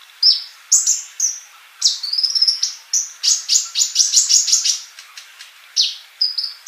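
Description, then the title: Bird song of high whistles and chirps, including a rising slurred note and a rapid chattering stretch in the middle. "Kicau Burung"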